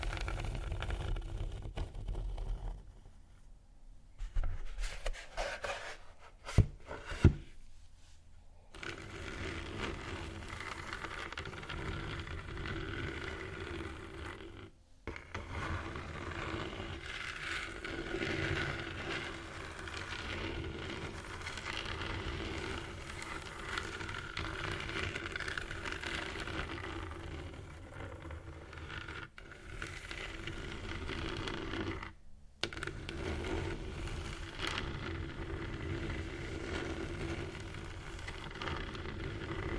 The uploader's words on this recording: ASMR Scratching Textures （No Talking）.